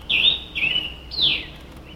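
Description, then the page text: Scarlet tanager singing three rough, burry phrases about half a second apart, the last one sliding downward, against a quiet background. Recorded in Maryland, United States; shared through iNaturalist. "Maryland Biodiversity - View Thumbnails - User: 13008-Scarlet Tanager ( Piranga olivacea ). Scarlet Tanager by David via iNaturalist"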